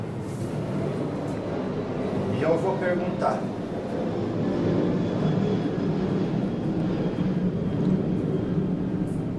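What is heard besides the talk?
airplane flying overhead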